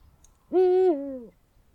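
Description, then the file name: Eurasian eagle-owl uttering a single deep hoot, level at first then dropping in a second lower part, under a second long. "uhu bagoly hangja"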